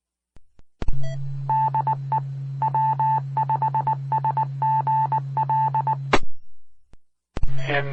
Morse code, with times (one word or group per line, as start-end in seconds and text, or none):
1.5-2.2 DE
2.6-5.9 W5SGL